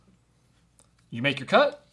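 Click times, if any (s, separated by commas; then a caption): none. The blade of a 3D printed plastic folding knife is handled after making a cut, on its way back toward its closed lock. It stays quiet apart from faint brief ticks near 0.8 s and 1.0 s, then someone talks from about 1.1 s. Nothing has seated or clicked into the lock yet.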